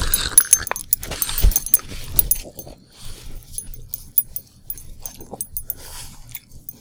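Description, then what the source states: Dogs playing, with scuffling, clicking and jangling noises in busy bursts that ease off toward the end. Two dogs playing.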